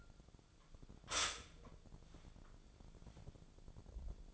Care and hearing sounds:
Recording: daily activity, microphone in the room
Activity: stop toaster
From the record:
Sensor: 5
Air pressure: 1000.3 hPa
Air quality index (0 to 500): 128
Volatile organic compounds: 2 ppm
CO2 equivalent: 1012 ppm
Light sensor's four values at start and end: 83/194/82/89 and 82/193/82/89

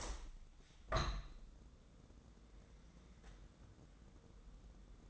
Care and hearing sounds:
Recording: daily activity, microphone in the room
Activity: open window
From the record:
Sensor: 3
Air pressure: 1012.3 hPa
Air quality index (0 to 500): 142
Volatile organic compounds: 2 ppm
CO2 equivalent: 1094 ppm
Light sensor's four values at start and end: 318/778/324/321 and 318/775/324/321

